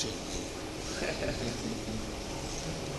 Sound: laughter

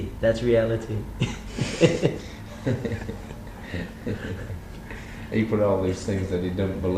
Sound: laughter

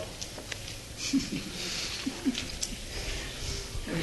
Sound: laughter

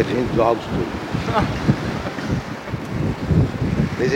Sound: laughs

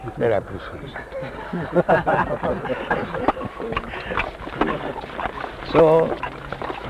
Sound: laughter

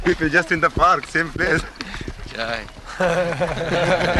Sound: laughter

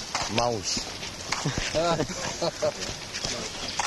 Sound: laughter

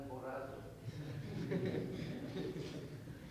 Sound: laughter

